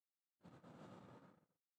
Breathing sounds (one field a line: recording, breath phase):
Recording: one breath near a microphone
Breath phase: exhalation